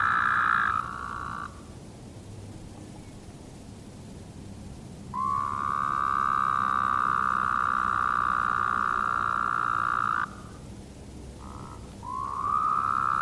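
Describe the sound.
Woodhouse's toad calls: a short buzz, a long quiet gap, then a loud drawn-out nasal drone of about five seconds, followed by a brief buzz and the start of another drone.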